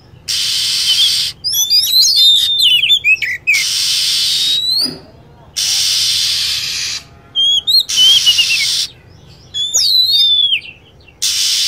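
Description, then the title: Lovebird calls: shrill chirps and falling whistled notes in short bursts, with long bands of even hiss in between. Lure sound used to attract lovebirds. "PIKAT BURUNG LOVEBIRD"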